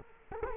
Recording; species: mosquito wingbeat signal from an infrared sensor; Culex quinquefasciatus